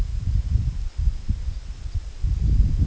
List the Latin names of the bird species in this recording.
Calcarius lapponicus